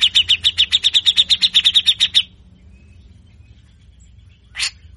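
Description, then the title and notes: Grey-cheeked bulbul with a quick, even series of many rasping notes lasting about two seconds, then quiet and a harsh note, with another just starting at the end. Master recording for training caged birds; bird singing actively in full harsh besetan (rasping chatter) style; said to draw a response from any bird of this species. "MASTERAN CUCAK JENGGOT GACOR FULL BESETAN KASAR DURASI PANJANG !!!. Langsung Respon Cucak Jenggot Model Apapun Dengar Besetanya. Burung cucak jenggot"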